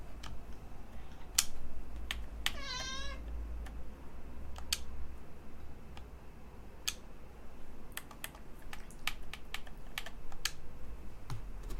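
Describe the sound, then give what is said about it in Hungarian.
A domestic cat, sitting in front of a computer screen, gives one short, high meow early on, surrounded by a steady patter of computer keyboard typing clicks that continues throughout. “Ne nyávogj el, nincs rá okod.”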